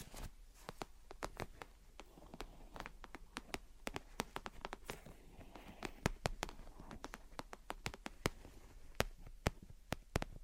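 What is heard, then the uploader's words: Gentle tapping and scratching, made of crisp, sharp taps that come quickly and irregularly, sometimes in quick clusters and sometimes with short gaps. A soft, rough scratching texture fills the spaces between taps, and the level stays fairly even throughout. Gentle Tapping and Scratching. (No Talking).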